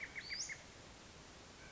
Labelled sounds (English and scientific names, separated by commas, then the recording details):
Western Flycatcher (Empidonax difficilis)
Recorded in Sonoma County, California